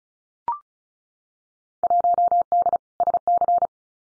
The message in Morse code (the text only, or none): 1D SC